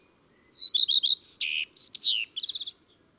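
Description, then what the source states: Common redstart: one short song with a pure whistled start, a few rolling repeated notes, then a mix of buzzy and squeaky twittering notes. Recorded in April.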